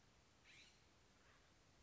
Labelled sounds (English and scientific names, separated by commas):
California Scrub-Jay (Aphelocoma californica)